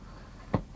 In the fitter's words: when he's in Megatron mode anyway we so we flip this out like clicks into place if you do it quick enough